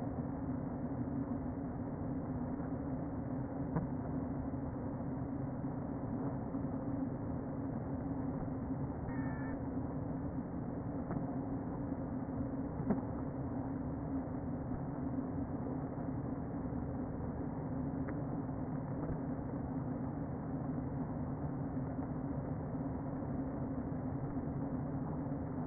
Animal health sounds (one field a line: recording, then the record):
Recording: honeybee colony, microphone inside the hive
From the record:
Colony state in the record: queen present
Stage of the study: before two queens were removed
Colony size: about 60,000 bees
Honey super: yes